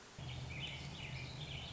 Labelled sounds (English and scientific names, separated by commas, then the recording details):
Warbling Vireo (Vireo gilvus)
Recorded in Sonoma County, California